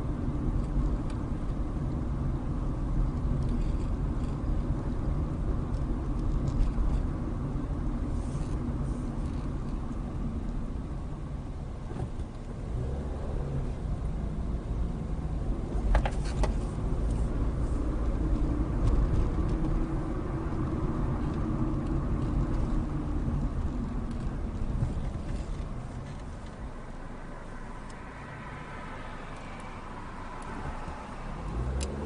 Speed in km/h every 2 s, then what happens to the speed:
29, 29, 29, 29, 24, 13, 18, 23, 32, 39, 35, 26, 10, 0, 0, 8.
0-7 steady at about 29. 7-11 brakes to 13. 11-17 speeds up to 39. 19-25 brakes to 0. 25-29 standing. 29-32 pulls away to 8.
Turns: 12-14.